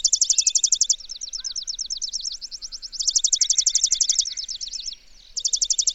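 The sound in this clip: Birdsong of very high, fast, ticking trills in dense bursts, alternating with a slower, softer run of notes and faint lower chirps.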